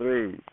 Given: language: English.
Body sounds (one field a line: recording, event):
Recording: throat vibration sensor signal played as sound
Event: speech